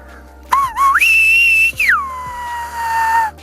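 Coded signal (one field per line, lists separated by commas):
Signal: whistled language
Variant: Silbo Gomero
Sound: a single loud whistle that wavers low, leaps high and holds, then slides back down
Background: quiet room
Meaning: Names the colour yellow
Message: geel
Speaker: Nu ga ik een kleur fluiten, en jij moet raden welke. Raad het gefluit.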